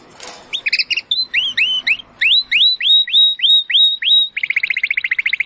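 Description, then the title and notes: Domestic canary song of loud repeated rising whistled notes, about three per second, ending in a fast rolling trill. Belgian canary singing in the Campainha (bell) song style. "Canário Belga Campainha Canary Singing. Canario Belga Cantando"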